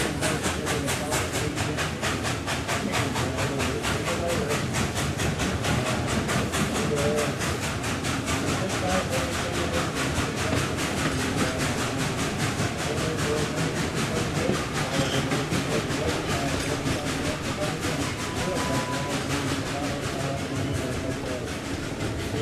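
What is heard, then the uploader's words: A steam locomotive chugs along with a steady, fast, regular beat, its rhythmic puffs and clatter repeating evenly throughout. The sound stays dense from start to finish, with a rumbling low end and a brief whistle-like tone near the end. Climb aboard this charming 1930s steam locomotive that once traversed the mountains between Alaska and the Yukon. Listen to the chugging of the train engine and rhythmic clatter of wheels on steel rails.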